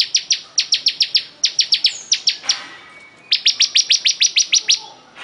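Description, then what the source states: Bar-winged prinia song: runs of sharp, high, clipped notes repeated rapidly, separated by a short pause. Singing vigorously ('gacor').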